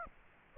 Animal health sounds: mosquito wingbeat signal from an infrared sensor; Aedes aegypti

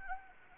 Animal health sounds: mosquito wingbeat signal from an infrared sensor; Anopheles gambiae

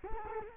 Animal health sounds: mosquito wingbeat signal from an infrared sensor; Culex quinquefasciatus

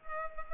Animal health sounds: mosquito wingbeat signal from an infrared sensor; Culex pipiens

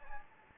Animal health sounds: mosquito wingbeat signal from an infrared sensor; Anopheles gambiae

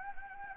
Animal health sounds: mosquito wingbeat signal from an infrared sensor; Anopheles gambiae

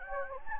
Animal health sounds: mosquito wingbeat signal from an infrared sensor; Anopheles gambiae

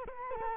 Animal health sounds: mosquito wingbeat signal from an infrared sensor; Culex quinquefasciatus

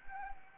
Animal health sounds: mosquito wingbeat signal from an infrared sensor; Anopheles gambiae

